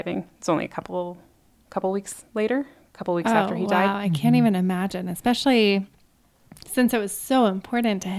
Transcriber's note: none